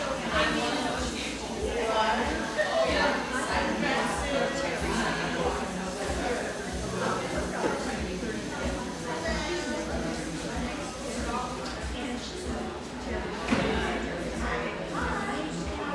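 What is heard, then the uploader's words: Inside a neighborhood espresso shop in Portland, Oregon, many voices overlap into a steady murmur of conversation with no single speaker standing out. The level stays even throughout, with a low hum underneath and occasional brief clinks and louder bursts of chatter. The gentle hum of a wonderful neighborhood espresso shop, tucked away in a corner of the iconic coffee town of Portland, Oregon.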